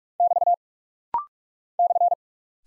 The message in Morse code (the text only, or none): <BT> /